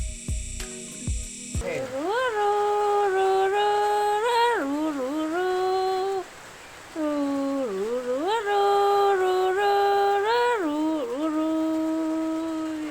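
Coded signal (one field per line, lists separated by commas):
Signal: whistled language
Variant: Jingrwai Iawbei, Khasi tune-name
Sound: a woman's hummed melodic call with held notes, pitch slides, two phrases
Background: small room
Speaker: has she called by that tune? Her eldest son. Eldest son.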